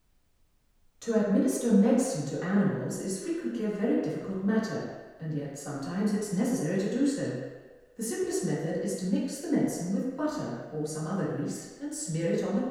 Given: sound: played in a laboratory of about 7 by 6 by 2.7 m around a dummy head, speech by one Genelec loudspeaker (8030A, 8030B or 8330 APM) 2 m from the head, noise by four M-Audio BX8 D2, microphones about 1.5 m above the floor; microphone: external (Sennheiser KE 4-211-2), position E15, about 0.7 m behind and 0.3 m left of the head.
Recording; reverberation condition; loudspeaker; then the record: female speech in English; high; in front (0 degrees)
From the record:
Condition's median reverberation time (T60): about 1300 ms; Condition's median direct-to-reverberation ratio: about -4.0 dB